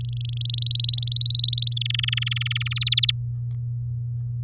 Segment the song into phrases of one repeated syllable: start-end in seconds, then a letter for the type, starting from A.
0.01-0.52 A, 0.54-1.74 B, 1.76-2.73 C, 2.76-3.11 D